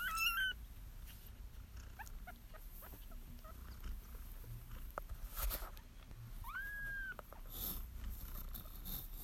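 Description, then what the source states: Kitten meows: one short high meow at the start and a longer arched meow about six seconds later, over steady low hum and rustling. Kittens, more than one animal.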